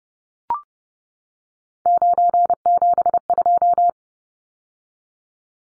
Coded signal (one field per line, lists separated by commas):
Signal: Morse code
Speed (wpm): 30 wpm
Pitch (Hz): 700 Hz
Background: none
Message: 972